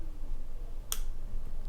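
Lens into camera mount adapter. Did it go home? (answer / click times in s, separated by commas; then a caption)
yes / 0.9 s. A Voigtlander VM APO manual-focus lens is twisted into a metal mount adapter on a Nikon Z6 mirrorless camera body. Over a low, steady background rumble, a single sharp, bright click sounds at 0.9 s as the bayonet locking pin engages. The lens is now fully mounted.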